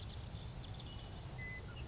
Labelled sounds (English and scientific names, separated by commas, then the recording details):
Western Meadowlark (Sturnella neglecta)
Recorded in Sonoma County, California